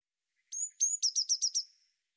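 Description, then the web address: Eurasian blue tit: one phrase of two high, thin whistles leading into five quick, rattling buzzy notes, with nothing else audible. "cianscape birddata Deverinetal 2025 File cleaned normalized Bird Cy Ca"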